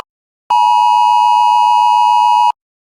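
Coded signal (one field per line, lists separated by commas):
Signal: Emergency Alert System (SAME) tones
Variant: 853 and 960 Hz attention tone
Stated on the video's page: Nationwide periodic test of the alert system on radio, issued by FEMA, the FCC and local authorities.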